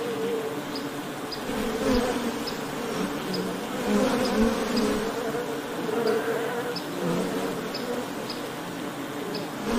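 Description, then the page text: Honey bees buzzing, a dense, steady low hum of many wings with overlapping swells and faint brief ticks throughout. Ambient sound of the wing buzzing of honey bees. "環境音 ミツバチの羽音｜ Honey Bees Sound"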